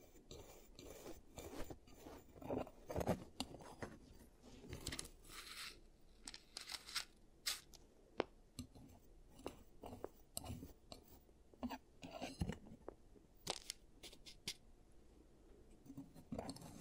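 Giant teeth treatment for fixing cavities, heard as a steady stream of sharp clicks, taps and crinkly scrapes in irregular bursts throughout.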